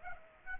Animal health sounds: mosquito wingbeat signal from an infrared sensor; Aedes aegypti

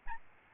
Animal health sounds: mosquito wingbeat signal from an infrared sensor; Aedes albopictus

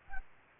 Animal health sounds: mosquito wingbeat signal from an infrared sensor; Aedes albopictus

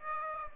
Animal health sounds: mosquito wingbeat signal from an infrared sensor; Aedes aegypti

